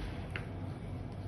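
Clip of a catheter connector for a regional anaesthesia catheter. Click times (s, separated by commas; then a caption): 0.4 s. The clip on the connector of a sciatic nerve-block catheter for regional anaesthesia is pressed down and pops up into its locked position. A single short, sharp click is heard at 0.4 s over a steady low hum. The clip is seated and locked.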